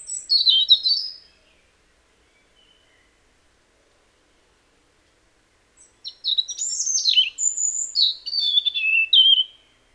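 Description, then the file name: European robin: the tail of one warbled phrase, a long silence, then a fuller phrase of sharp high notes, sustained whistles and falling trills. "Erithacus rubecula"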